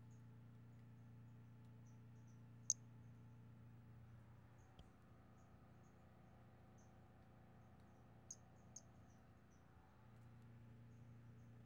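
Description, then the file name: Brachycephalus albolineatus call: thin high notes dotted irregularly throughout, several sharp clicks, and a low hum that drops out for a long middle stretch. Recorded 5 February 2016. "Brachycephalus albolineatus 160205"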